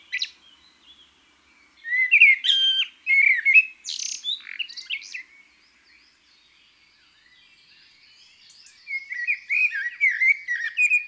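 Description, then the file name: Common blackbird song: a burst of varied warbled and squeaky notes, a quiet gap of several seconds, then a fresh run of low fluting phrases with high twitters. Garden bird. "Merle noir"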